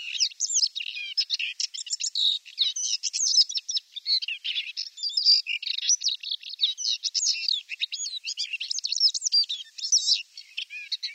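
Paddyfield warbler in sustained song: a long, continuous jumble of rapid, varied chattering notes.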